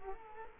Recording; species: mosquito wingbeat signal from an infrared sensor; Culex quinquefasciatus